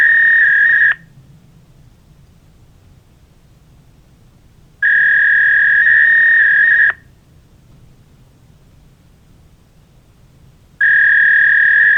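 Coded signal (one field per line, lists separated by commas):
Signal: fax machine handshake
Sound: three short bursts of buzzing, warbling two-tone data around 1.7 kHz, separated by silence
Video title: Fax machine sound effect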